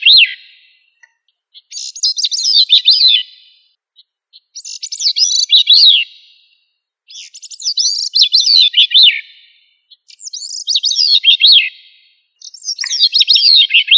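Thrush song: short, sweeping high phrases that rise and fall, repeated every few seconds with quiet gaps between.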